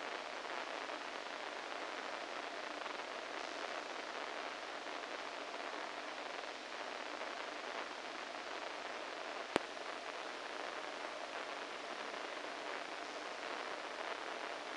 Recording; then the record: brain microelectrode recording played as sound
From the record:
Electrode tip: inside the subthalamic nucleus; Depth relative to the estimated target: -4 mm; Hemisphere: right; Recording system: NeuroSet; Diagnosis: Parkinson's disease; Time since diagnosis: 14 years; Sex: male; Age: 51 years